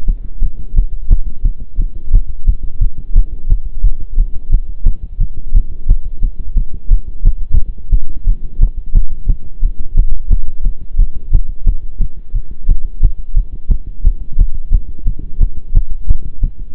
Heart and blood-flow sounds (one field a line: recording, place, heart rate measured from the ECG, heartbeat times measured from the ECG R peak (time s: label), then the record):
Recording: heart sounds by stethoscope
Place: between the tricuspid and mitral areas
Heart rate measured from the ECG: 176 bpm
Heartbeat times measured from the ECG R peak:
0.08 s: heartbeat
0.42 s: heartbeat
0.76 s: heartbeat
1.10 s: heartbeat
1.44 s: heartbeat
1.79 s: heartbeat
2.13 s: heartbeat
2.47 s: heartbeat
2.81 s: heartbeat
3.15 s: heartbeat
3.50 s: heartbeat
3.84 s: heartbeat
4.18 s: heartbeat
4.52 s: heartbeat
4.86 s: heartbeat
5.20 s: heartbeat
5.54 s: heartbeat
5.89 s: heartbeat
6.22 s: heartbeat
6.57 s: heartbeat
6.91 s: heartbeat
7.25 s: heartbeat
7.53 s: heartbeat
7.92 s: heartbeat
8.27 s: heartbeat
8.61 s: heartbeat
8.95 s: heartbeat
9.29 s: heartbeat
9.63 s: heartbeat
9.97 s: heartbeat
10.31 s: heartbeat
10.64 s: heartbeat
10.99 s: heartbeat
11.33 s: heartbeat
11.66 s: heartbeat
12.00 s: heartbeat
12.34 s: heartbeat
12.69 s: heartbeat
13.03 s: heartbeat
13.36 s: heartbeat
13.71 s: heartbeat
14.05 s: heartbeat
14.39 s: heartbeat
14.72 s: heartbeat
15.06 s: heartbeat
15.41 s: heartbeat
15.75 s: heartbeat
16.09 s: heartbeat
16.43 s: heartbeat
From the record:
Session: pedaling a stationary bicycle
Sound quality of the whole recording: partially saturated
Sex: male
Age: 23 years